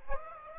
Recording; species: mosquito wingbeat signal from an infrared sensor; Aedes aegypti